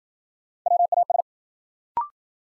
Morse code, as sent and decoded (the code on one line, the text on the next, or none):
.-- .- ...
WAS